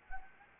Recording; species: mosquito wingbeat signal from an infrared sensor; Anopheles arabiensis